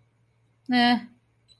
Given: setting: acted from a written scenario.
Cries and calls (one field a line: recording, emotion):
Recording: vocal sound without words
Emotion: neutral